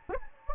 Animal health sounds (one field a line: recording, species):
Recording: mosquito wingbeat signal from an infrared sensor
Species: Anopheles gambiae